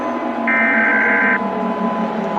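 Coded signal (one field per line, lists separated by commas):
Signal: Emergency Alert System (SAME) tones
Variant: header bursts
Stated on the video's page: Simulated EAS scenario for a fictional event.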